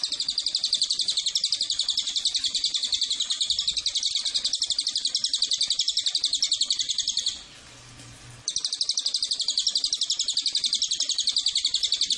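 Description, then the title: Cililin giving a long, fast, even series of high buzzy notes. The series stops for about a second, then resumes at the same pace. Master recording of its song for tutoring caged birds, also usable as a lure. "MASTERAN AMPUH SUARA BURUNG CILILIN BISA JUGA PANCINGAN CILILIN"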